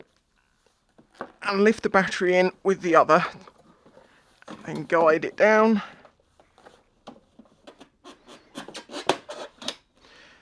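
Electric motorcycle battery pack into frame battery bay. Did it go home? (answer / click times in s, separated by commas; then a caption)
yes / 9.1 s. Someone talks while a removable battery pack is lifted in and guided down into the battery bay in the frame of a Super Soco TC Max electric motorcycle. Light shuffling and scraping follow, then a small, sharp click at 9.1 s as the pack latches and locks into position.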